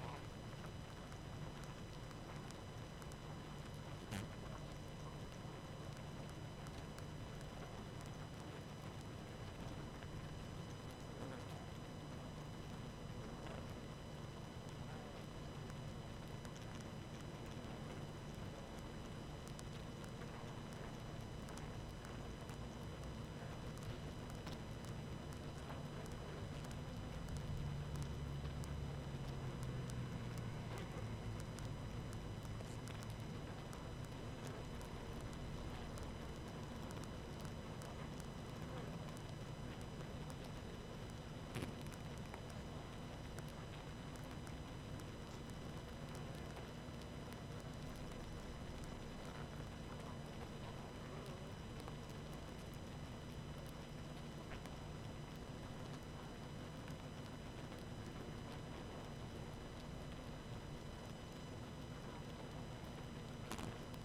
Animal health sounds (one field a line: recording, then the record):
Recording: honeybee colony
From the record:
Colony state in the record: active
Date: 12 June 2018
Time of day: 20:23